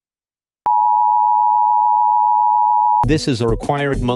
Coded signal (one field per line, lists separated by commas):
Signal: Emergency Alert System (SAME) tones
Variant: 853 and 960 Hz attention tone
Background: speech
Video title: All EAS SYSTEMS Remade